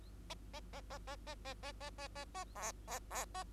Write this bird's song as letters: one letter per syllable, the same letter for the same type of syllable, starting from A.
A A A A A A A A A A A A B B B A